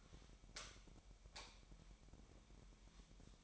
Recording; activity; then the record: daily activity, microphone in the room; light off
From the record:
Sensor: 1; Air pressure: 1012.0 hPa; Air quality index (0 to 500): 234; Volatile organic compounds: 6 ppm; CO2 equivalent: 1866 ppm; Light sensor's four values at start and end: 18/50/20/22 and 14/34/14/17